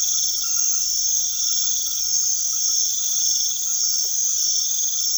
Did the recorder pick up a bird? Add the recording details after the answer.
no. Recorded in secondary vegetation near Puerto Asís, Putumayo, Colombia, on 20 February 2024 at 01:30. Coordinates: 0.500, -76.326. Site G6428